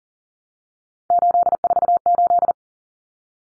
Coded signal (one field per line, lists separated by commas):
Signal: Morse code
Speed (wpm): 40 wpm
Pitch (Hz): 700 Hz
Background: none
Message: 848